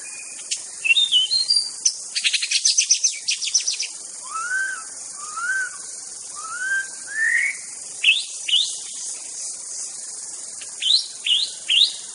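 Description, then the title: White-rumped shama singing: clusters of sharp chattering notes, then clear upslurred whistles repeated about every second, followed by rising squeaky phrases, with constant high insect buzz behind. Wild bird from forest. "Suara burung murai batu asli hutan"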